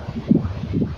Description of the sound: What Babies Hear in the Womb. They've simulated some audio.